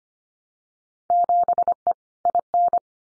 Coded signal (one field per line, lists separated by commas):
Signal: Morse code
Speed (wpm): 25 wpm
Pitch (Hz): 700 Hz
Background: none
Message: 7E IN